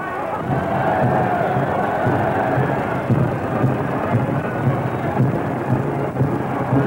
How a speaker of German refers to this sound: Überall stürmischer Jubel, der die deutschen Truppen nicht als Eroberer, sondern als Beschützer begrüßt.